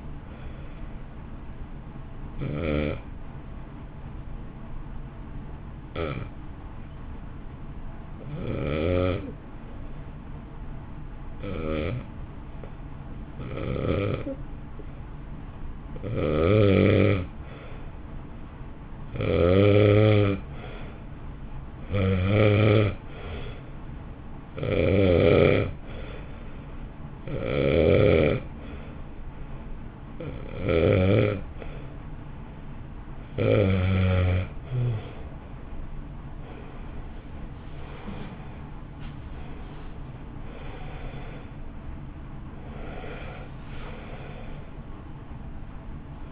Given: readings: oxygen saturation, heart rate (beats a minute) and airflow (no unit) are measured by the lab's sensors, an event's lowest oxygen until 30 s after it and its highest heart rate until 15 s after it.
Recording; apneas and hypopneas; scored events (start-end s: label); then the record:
breathing in sleep by a smartphone at the bedside; 1
3.00-19.00 s: hypopnea (N2, oxygen 92% highest, then 84% lowest, heart rate 55 at the start, 60 highest)
30.00-46.32 s: new sleep stage, N1 (lightest sleep)
From the record:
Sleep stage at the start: N2 (light sleep); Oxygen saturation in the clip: 83 to 92%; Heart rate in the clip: 51 to 64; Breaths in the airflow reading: 15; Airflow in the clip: -1.5 to 1.5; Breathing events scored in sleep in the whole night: 328 in 6.3 hours asleep